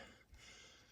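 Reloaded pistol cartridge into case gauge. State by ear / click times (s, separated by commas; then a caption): not seated / none. A freshly crimped reloaded pistol cartridge is handled at a case/chamber gauge, with only faint handling noise over a steady broadband hiss and a soft low bump near 0.3 s. The round has not yet dropped in, and nothing has seated or clicked.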